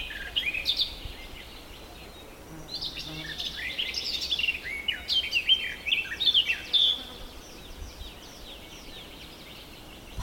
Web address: multi voiced bird singing in the early morning forest